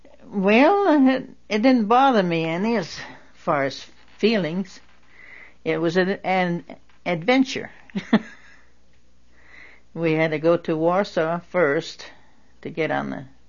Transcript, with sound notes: Well, it didn't bother me any as far as feelings. It was an adventure. (She laughs.) We had to go to Warsaw first to get our,